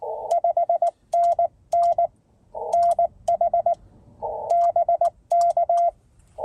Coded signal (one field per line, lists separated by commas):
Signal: Morse code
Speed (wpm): 19 wpm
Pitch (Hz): 680 Hz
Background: radio noise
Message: 5NN NH BK